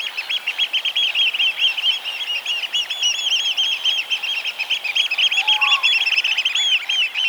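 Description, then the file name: Eurasian oystercatcher piping: a dense, continuous chorus of shrill, rapidly repeated high notes from several birds, with a steady background hiss. "austernfischer"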